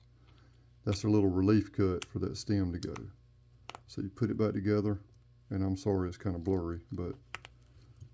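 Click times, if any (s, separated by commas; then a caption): 7.5 s. After a battery change, a snap-off metal case back is lined up with the stem relief cut and pressed onto a wristwatch case while someone talks. A small, sharp click sounds at about 7.5 s as the case back snaps shut and seats.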